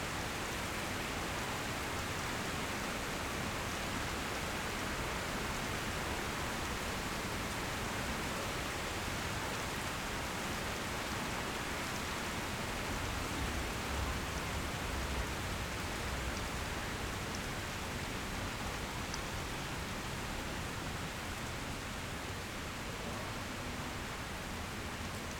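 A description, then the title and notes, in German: Rustling leaves of maple and birch fill the recording with a dense, even hiss that hardly changes over its 25 seconds. The sound sits mostly in the upper range with a soft low rumble beneath, and only slight swells in loudness now and then. Blätterrauschen – Ahorn und Birke. Die Aufnahmen zur Sendung entstanden bei windigem, heiterem und regnerischem Wetter zu allen erdenklichen Tages- und Nachtzeiten in Wien Döbling, Ottakring, in Ebensee am Traunsee, zwischen Innichen und Toblach in Südtirol und beim Slap Savica in Slowenien.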